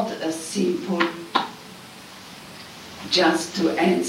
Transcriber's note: claps the hands